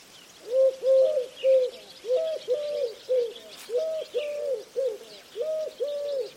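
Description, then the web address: Bird cooing in repeated three-note phrases, two longer hollow notes then a shorter one, with faint higher chirps behind. "Bird Only"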